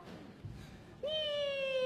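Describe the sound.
A person's voice imitates a cat with one long, drawn-out meow, fairly loud and steady, its pitch sliding slowly downward after a moment of faint background noise.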